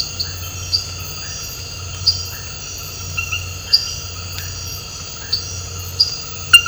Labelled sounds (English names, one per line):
none